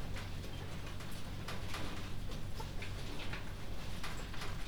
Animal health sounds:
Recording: poultry house recording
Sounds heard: healthy chickens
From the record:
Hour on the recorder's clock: 22

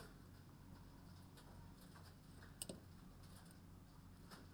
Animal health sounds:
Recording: poultry house recording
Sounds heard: healthy chickens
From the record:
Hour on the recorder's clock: 22

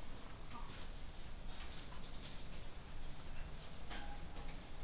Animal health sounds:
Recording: poultry house recording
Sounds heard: sick chickens (respiratory disease)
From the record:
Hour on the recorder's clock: 1

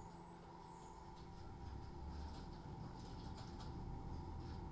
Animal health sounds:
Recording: poultry house recording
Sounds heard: no chicken sound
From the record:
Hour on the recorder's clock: 18

